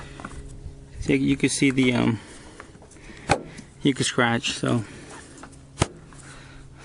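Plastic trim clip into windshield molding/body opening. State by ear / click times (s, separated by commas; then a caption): seated / 5.8 s. During a windshield replacement on a 2014 Chevrolet Silverado, a plastic trim clip is pushed by hand into the windshield molding/body opening. Someone talks, then a sharp, short click is heard at 5.8 seconds as the clip snaps into place and seats.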